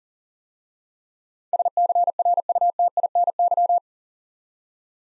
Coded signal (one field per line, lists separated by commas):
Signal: Morse code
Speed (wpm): 43 wpm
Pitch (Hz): 700 Hz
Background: none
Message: SCRUTINY